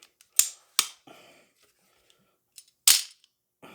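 Locking steel pliers are released one-handed with the release lever on the pliers, and they snap open with loud, sharp metallic clicks at 0.4 s and 0.8 s. Softer rustling and handling noise follow, then another sharp snap near 2.9 s. The pliers end up released.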